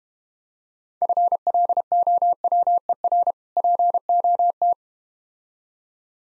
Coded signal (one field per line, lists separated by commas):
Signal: Morse code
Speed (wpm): 31 wpm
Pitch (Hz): 700 Hz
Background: none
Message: FLOWER POT